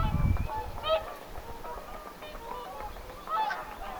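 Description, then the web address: Whooper swan honking notes, a few soft trumpeting calls spread across a short stretch, with a low thump at the start. Whooper swans calling in summer on 1 June 2025; apparently young birds on the shore. "paivat 1 6 2025 laulujoutsenten aantelya kesalla ilmeisten nuorten rannalla"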